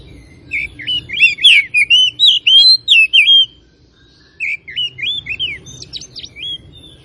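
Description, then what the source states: Oriental magpie-robin giving a fast string of curling whistled notes, then a shorter quieter phrase after a brief pause, with faint low background hum. Kacer from Tretes; described as gacor, singing continuously and vigorously.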